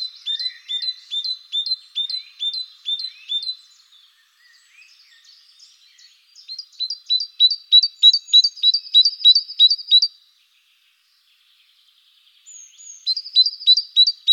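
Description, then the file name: Great tit song, bright two-note phrases repeated rapidly in bursts, with pauses between strophes. Recorded in the Netherlands. "mesange charbonniere hollande"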